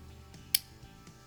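A slide stop lever that was sticking out of the notch on its pin in a Glock-pattern frame from SCT Manufacturing is gently pushed into place. A sharp, bright click at 0.6 s stands well above faint background sounds, with softer ticks around 0.3 s and 1.1 s. The lever seats in the pin notch, and the seating is confirmed.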